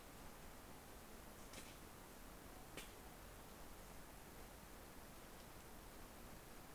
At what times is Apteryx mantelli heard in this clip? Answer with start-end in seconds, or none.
none